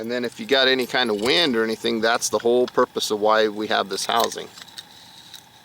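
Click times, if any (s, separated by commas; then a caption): 5.3 s. Someone talks while handling a UCO Micro candle lantern, then the metal lantern housing is closed over the lit candle's glass globe and base to keep out the wind. A short, soft click at 5.4 s marks the housing locking into place.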